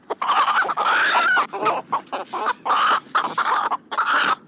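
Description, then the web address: Chicken: harsh, noisy squawking bursts, one after another. Cockfight. "combats de coqs"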